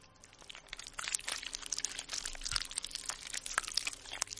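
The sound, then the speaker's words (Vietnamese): Wet, crunchy chewing of a raw silver carp, a steady run of irregular crackling crunches at moderate loudness, dense and continuous for several seconds with no voices. “Thỉnh thoảng có đứa nó nổi lên, nó cầm con cá mè trắng bạc, rồi sau đó nhai rau ráu.”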